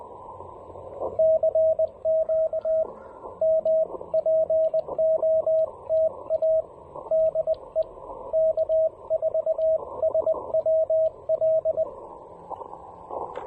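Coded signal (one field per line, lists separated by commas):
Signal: Morse code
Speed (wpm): 21 wpm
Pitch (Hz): 640 Hz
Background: radio noise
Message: CQ M POTA DE K4SWL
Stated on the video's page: CW POTA activation using a Ten-Tec Argonaut V transceiver.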